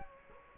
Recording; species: mosquito wingbeat signal from an infrared sensor; Culex quinquefasciatus